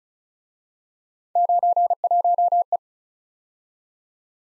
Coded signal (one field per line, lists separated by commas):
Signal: Morse code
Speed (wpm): 38 wpm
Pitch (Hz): 700 Hz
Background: none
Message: 91E